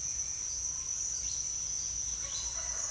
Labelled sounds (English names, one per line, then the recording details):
none
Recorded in secondary vegetation near Puerto Asís, Putumayo, Colombia, on 23 June 2025 at 07:00
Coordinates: 0.498, -76.327
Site GP09